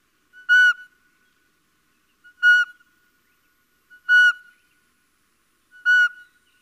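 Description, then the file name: Little owl repeating a short, clear, slightly downslurred mewing note four times at regular intervals of under two seconds against a silent background. "Civetta"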